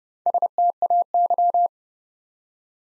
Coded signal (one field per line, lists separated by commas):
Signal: Morse code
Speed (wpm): 30 wpm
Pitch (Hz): 700 Hz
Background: none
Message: STAY